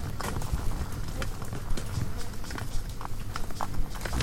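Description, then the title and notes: Swarming insects, a continuous crackle of taps over a low hum. Hundreds of insects frantically congregating at night around a lone porch bulb, wildlife ranch in Mmabolela savannah, South Africa, November 2016; mix of six mics including miniature omnis; Zoom F8 recorder. "Hundreds of Bugs. One Lightbulb. a bulb hanging on the porch of a wildlife ranch in South Africa."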